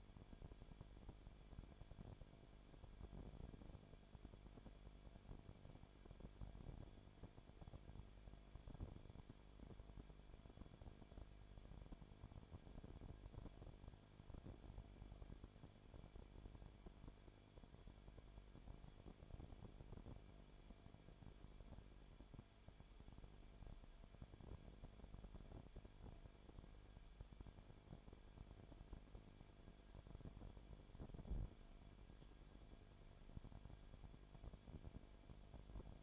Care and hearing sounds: daily activity, microphone in the room; no activity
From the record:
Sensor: 5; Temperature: 19.8 degrees Celsius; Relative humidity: 33.2%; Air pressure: 1001.4 hPa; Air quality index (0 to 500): 32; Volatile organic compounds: 1 ppm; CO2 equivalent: 526 ppm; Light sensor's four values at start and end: 2/3/1/1 and 2/3/1/1

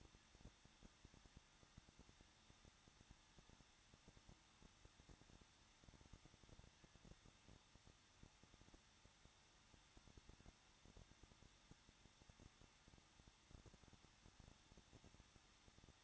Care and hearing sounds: daily activity, microphone in the room; no activity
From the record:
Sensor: 3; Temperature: 21.2 degrees Celsius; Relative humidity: 36.3%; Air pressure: 1006.3 hPa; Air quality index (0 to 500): 222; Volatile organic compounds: 42 ppm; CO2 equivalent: 3175 ppm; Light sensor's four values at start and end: 2/3/2/2 and 2/3/2/2

